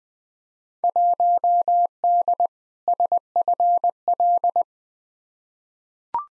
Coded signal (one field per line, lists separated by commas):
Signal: Morse code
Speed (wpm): 20 wpm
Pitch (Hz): 700 Hz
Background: none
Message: 1D SFL